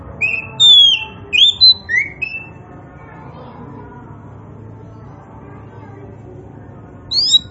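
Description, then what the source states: Oriental magpie-robin song opening with a quick series of clear, slurred whistles. A long quiet stretch follows, and a short phrase returns at the end. Indonesian name kacer poci; described as gacor, singing actively and abundantly.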